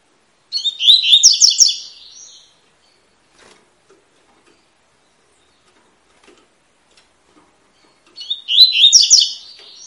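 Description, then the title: Double-collared seedeater song: a loud rapid phrase of buzzy repeated notes, a quiet pause with faint ticks, then the phrase repeats. Tui-tui song style, fibra bird; teaching song (professor) used to tutor young birds. "COLEIRO TUI TUI FIBRA"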